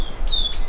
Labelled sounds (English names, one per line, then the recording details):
Stitchbird song
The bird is a male
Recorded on Tiritiri Matangi Island, New Zealand, in 2005
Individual 12, of nest box 16